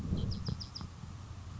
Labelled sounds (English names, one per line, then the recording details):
Bewick's Wren
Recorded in Sonoma County, California